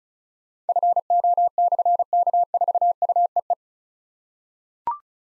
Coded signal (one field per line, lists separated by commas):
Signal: Morse code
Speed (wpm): 36 wpm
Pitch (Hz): 700 Hz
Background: none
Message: FO/K4UEE